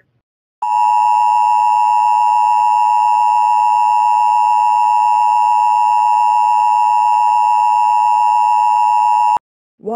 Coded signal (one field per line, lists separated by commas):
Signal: Emergency Alert System (SAME) tones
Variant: 853 and 960 Hz attention tone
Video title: The Crisis of '24: An EAS Scenario